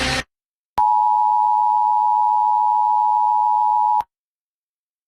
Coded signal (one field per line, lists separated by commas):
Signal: Emergency Alert System (SAME) tones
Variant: 853 and 960 Hz attention tone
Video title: EAS Scenarios Rotation Covid 21